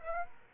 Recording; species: mosquito wingbeat signal from an infrared sensor; Aedes aegypti